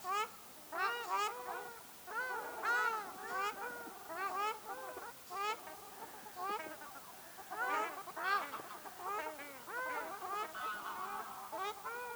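Ruddy shelduck honking calls, nasal arched honks from several birds overlapping in busy bursts, with short pauses between groups.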